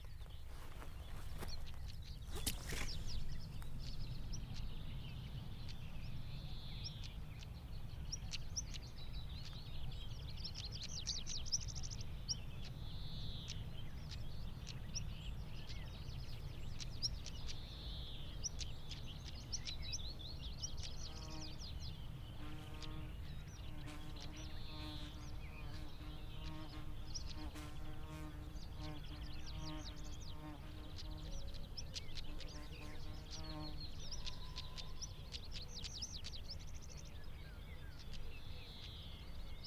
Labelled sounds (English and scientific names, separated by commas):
European Stonechat (Saxicola rubicola) call